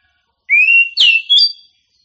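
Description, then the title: Oriental magpie-robin giving one brief song phrase: a rising whistle sliding into two or three sharp, clear whistled notes. A champion singing bird. "Kicau Burung Kacer Juara"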